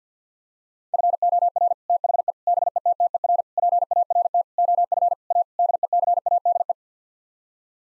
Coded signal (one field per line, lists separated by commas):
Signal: Morse code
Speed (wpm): 50 wpm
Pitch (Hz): 700 Hz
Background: none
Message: FOR THE BETTER PART OF A DECADE